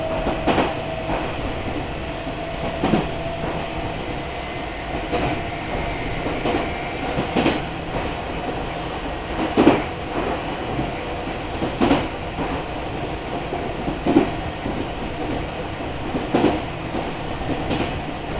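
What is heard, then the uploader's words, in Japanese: A Meitetsu Kakamigahara Line local train runs steadily, its rumble punctuated by regular rail-joint clacks every two to three seconds. 名古屋鉄道各務原線 新加納→犬山 普通列車。だいぶ日も西に傾いてきた頃です。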